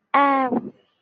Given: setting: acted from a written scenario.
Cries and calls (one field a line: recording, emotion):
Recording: vocal sound without words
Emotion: awe